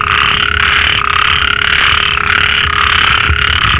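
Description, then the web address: Frog giving continuous rasping calls that swell and dip repeatedly, with a steady hum underneath. "Frogs World"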